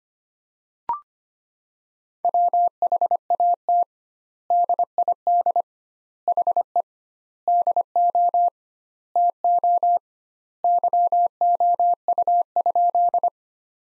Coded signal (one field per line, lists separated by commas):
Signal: Morse code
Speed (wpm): 25 wpm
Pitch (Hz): 700 Hz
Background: none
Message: WHAT DID HE DO TO YOU?